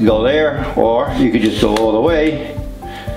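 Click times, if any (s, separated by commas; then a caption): none. A plastic and metal telescopic extension pole on a Belife rechargeable cordless stick vacuum with a brushless motor is handled and pulled out toward full length while someone talks over background music. The pole has not locked into place yet; nothing has seated or clicked.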